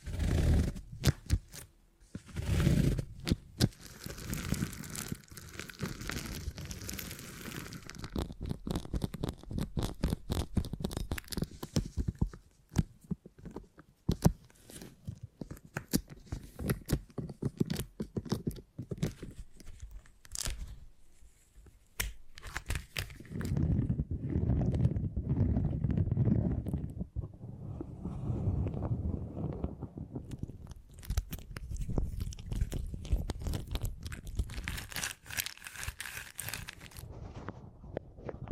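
Beeswax being handled and pressed, giving dense, sticky crackling and crinkling with sharp clicks and snaps throughout. Busier, louder stretches open the clip and return from about 23 to 27 seconds, with sparser, quieter tapping in between and toward the end.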